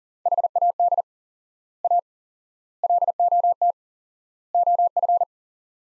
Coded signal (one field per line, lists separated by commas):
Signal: Morse code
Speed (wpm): 37 wpm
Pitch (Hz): 700 Hz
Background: none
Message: HAD A LOT OF